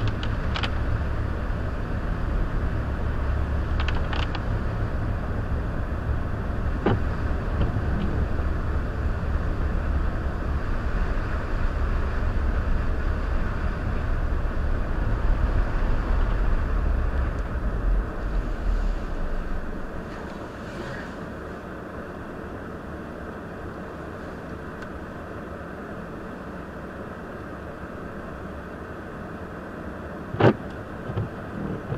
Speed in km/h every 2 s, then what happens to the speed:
29, 29, 29, 31, 29, 27, 27, 26, 19, 10, 0, 0, 0, 0, 0, 0.
0-6 steady at about 29. 6-19 slows to 0. 19-32 standing.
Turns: none.